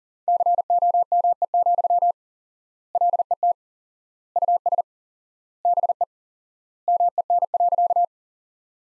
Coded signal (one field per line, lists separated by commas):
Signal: Morse code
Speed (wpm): 37 wpm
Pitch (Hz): 700 Hz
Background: none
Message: COME, LET US BE MEN.